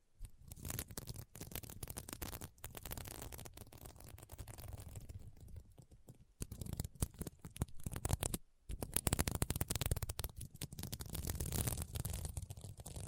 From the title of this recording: SequinMermaid Pillow Scratching Sounds